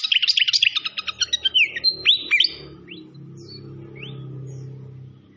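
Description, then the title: Malaysian pied fantail song: quick chirps and looping whistles for a couple of seconds, then a low steady rushing sound with a few scattered high notes. Clear-voiced song mixed with the sound of gurgling flowing water, used as masteran training song. "Masteran Sikatan Kipas Suara Jernih Dan Suara Gemericik Air"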